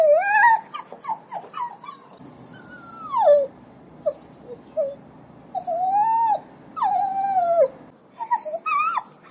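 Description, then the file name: Dog whining in drawn-out, high tonal cries that bend and fall, mixed with short yelps, coming in irregular bursts with brief quiet gaps. A call to a dog to come. "Tieng goi cho den"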